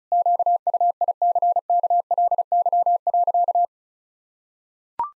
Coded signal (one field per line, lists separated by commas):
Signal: Morse code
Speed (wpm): 36 wpm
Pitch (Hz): 700 Hz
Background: none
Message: QUICKLY.